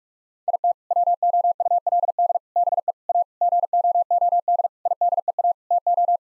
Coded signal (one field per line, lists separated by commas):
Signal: Morse code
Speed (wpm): 41 wpm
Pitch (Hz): 700 Hz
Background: none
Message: IT WOULD BE A GOOD IDEA TO